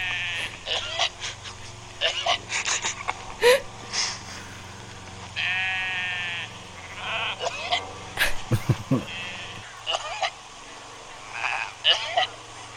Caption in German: Schafe husten, wirklich, es klingt wie ein Mensch einfach. Man hört nebenbei auch denjenigen, der das aufnimmt, auch ein bisschen lachen. Es klingt einfach original, wie als wenn so ein alter Opa irgendwie husten würde.